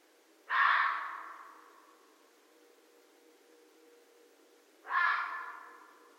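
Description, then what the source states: Red fox screaming twice, about four seconds apart, each cry harsh and hoarse with a trailing fade. Recorded on 13 January 2012.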